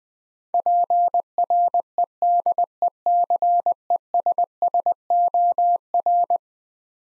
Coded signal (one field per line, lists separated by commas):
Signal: Morse code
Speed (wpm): 20 wpm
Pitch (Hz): 700 Hz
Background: none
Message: PREDECESSOR